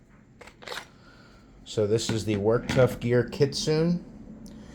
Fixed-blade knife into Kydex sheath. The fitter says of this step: so great Kydex sheath nice thumb comfortable thumb ramp there nice positive click